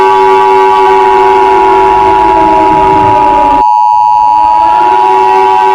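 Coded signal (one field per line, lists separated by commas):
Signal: Emergency Alert System (SAME) tones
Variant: 853 and 960 Hz attention tone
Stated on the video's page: Fictional EAS scenario.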